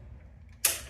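After its wire is tightened, a new circuit breaker is pressed into the bus bar of an electrical panel. A faint tick at 0.5 s is followed by one loud, sharp snap at 0.6 s that fades out over a low background hum. The breaker snaps into place and is seated.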